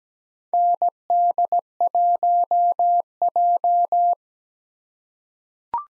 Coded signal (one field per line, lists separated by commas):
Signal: Morse code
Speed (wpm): 17 wpm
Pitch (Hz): 700 Hz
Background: none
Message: ND1J